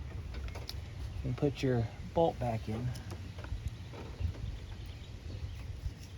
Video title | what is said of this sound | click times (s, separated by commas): Ford 3.5 and 3.7 Camshaft Position Sensor Bank 2 Replacement | push it till it clicks | 0.5 s, 0.7 s